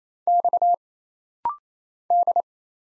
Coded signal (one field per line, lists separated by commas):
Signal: Morse code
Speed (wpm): 27 wpm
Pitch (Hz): 700 Hz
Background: none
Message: X D